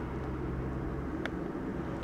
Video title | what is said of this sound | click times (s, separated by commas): Wing Mirror Removal | this one just pops straight on like | 1.3 s